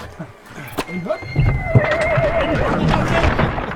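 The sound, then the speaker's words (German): A horse gives a loud, wavering whinny over the steady rumble and clatter of a horse-drawn carriage driving along a sharp serpentine road, with faint hoof thumps and a brief voice early on. “Der Wagen fährt in scharfer Serpentine in Richtung...”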